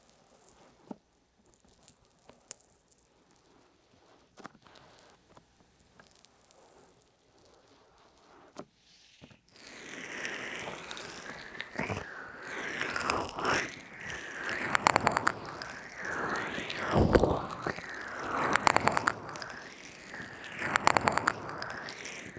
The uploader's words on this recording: ASMR Relaxing Ear Massage NO TALKING (Oil, Lotion & Peeling pack).